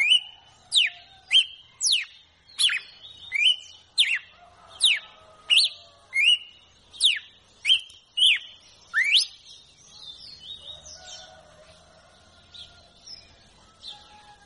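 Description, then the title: Red-cowled cardinal singing a fast run of loud whistled notes, each a quick downslur with a short rising lead-in, roughly three every two seconds, fading to softer scattered notes after nine seconds. Female song, used to warm up and stimulate a male to sing. "Canto Galo Campina Fêmea"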